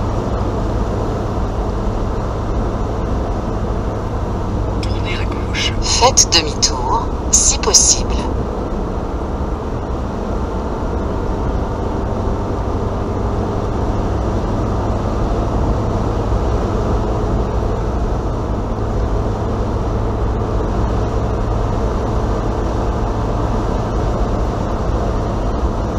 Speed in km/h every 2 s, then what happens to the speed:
83, 82, 82, 80, 77, 78, 81, 83, 84, 84, 85, 87, 86.
0-9 slows to 77. 9-15 speeds up to 84. 15-26 steady at about 85.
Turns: none.